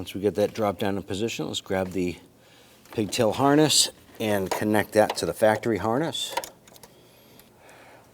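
On a 2015–2020 Cadillac Escalade, the new horn's plastic pigtail connector is being handled to be pushed into the vehicle's factory wiring harness connector. Someone talks for most of the clip, then faint small handling clicks and rustles are heard after about 6.7 seconds. Nothing has seated or clicked into place yet.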